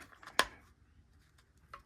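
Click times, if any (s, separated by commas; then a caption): 0.4 s. An air filter cover on an MS201TC tool housing is pressed down and gives one sharp snap at 0.4 s as it seats into place. A fainter tick follows near 1.7 s in an otherwise quiet background.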